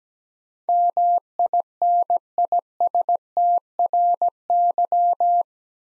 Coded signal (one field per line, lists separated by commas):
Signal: Morse code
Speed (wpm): 17 wpm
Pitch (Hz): 700 Hz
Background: none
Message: MINISTRY